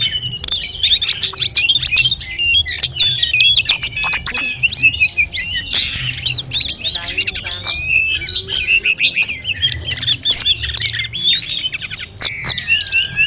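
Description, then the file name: Sunda robins singing together, a dense overlapping stream of high whistled and chattering phrases that runs without a break. Five birds singing together in a gathering. "audio-gathering-5-ekor-tledekan"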